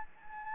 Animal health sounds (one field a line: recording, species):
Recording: mosquito wingbeat signal from an infrared sensor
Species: Anopheles gambiae